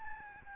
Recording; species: mosquito wingbeat signal from an infrared sensor; Aedes albopictus